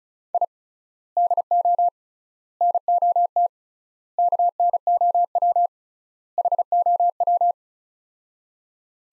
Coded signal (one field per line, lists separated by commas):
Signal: Morse code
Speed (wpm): 36 wpm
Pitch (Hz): 700 Hz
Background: none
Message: I DO NOT KNOW HOW